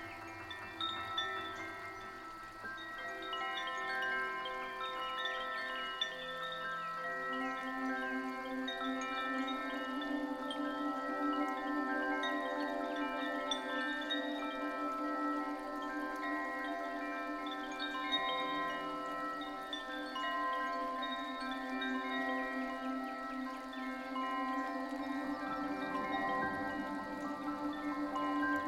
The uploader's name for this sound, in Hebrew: פעמוני קושי ונבל חלומות